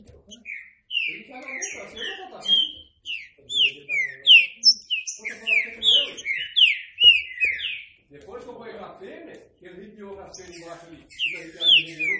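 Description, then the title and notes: Green-winged saltator singing a long run of clear downslurred whistles in quick succession, pausing, then resuming, over faint low chattering underneath. Classic song style (canto clássico), used for training. "Canto Clássico Trinca Ferro TREINAMENTO. trinca fero"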